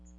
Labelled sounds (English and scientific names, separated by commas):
Magnolia Warbler (Setophaga magnolia) flight call